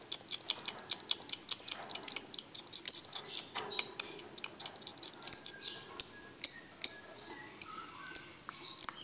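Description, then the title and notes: Lovebird chattering song: soft rapid ticking notes building into loud, shrill, downslurred squeaks repeated about twice a second. Masteran training audio for birds to learn ngekek. "MASTERAN BURUNG. Belajar Ngekek. lofbet"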